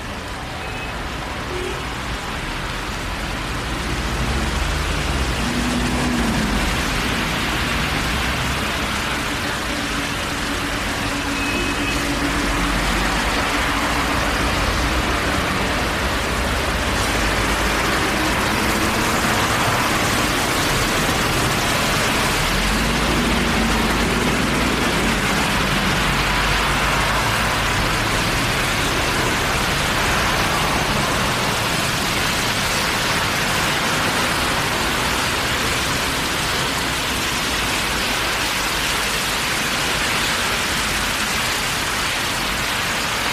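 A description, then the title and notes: Rain hisses steadily throughout a neighborhood walk, with a low rumble of passing vehicles swelling around six and twenty-four seconds. Long Walk In The Rain Around The Neighborhood.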